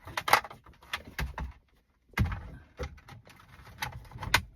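A wiring harness connector is plugged into the new infotainment head unit module behind the dash trim during a Sync 2 to Sync 3 radio swap on a 2015 Ford F150. Handling clatter and rustling lead to a sharp click at 4.4 s as the connector seats.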